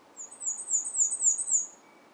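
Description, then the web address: Black-and-white warbler song: a single very high, thin phrase of several quick squeaky units, wavering on an even pitch against a soft background hiss. Recorded on 26 August 2023. "YN Chu. 2023 08 26 black and white warbler"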